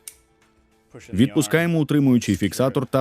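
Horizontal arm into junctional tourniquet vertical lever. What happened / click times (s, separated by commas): The arm latched into place / 0.1 s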